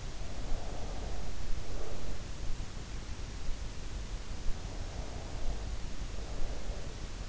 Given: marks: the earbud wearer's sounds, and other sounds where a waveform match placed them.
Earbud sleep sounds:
sounds in sleep by an in-ear microphone; breath
0.15-2.30 s: breath
4.97-7.29 s: breath

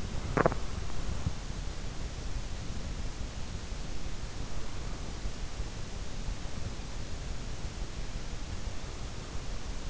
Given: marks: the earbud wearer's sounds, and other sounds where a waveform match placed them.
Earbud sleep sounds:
sounds in sleep by an in-ear microphone; teeth grinding
0.00-0.97 s: teeth grinding

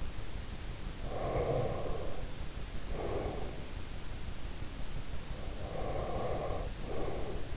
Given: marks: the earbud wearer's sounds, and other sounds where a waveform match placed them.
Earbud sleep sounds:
sounds in sleep by an in-ear microphone; breath
0.91-3.63 s: breath
5.46-7.57 s: breath

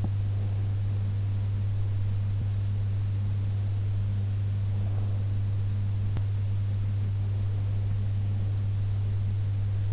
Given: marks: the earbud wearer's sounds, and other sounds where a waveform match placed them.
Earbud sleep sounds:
sounds in sleep by an in-ear microphone; teeth grinding
0.00-0.18 s: teeth grinding

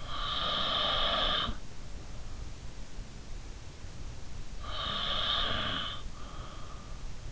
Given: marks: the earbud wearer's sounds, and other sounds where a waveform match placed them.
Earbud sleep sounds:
sounds in sleep by an in-ear microphone; snoring breath
0.00-1.60 s: snoring breath
4.59-6.87 s: snoring breath

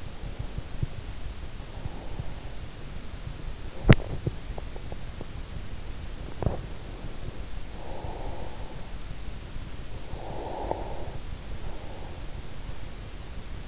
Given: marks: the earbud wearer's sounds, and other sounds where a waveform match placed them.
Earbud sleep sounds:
sounds in sleep by an in-ear microphone; breath, teeth grinding
0.00-3.00 s: breath
3.00-5.00 s: teeth grinding
6.00-6.80 s: teeth grinding
6.00-9.00 s: breath
10.00-12.00 s: breath

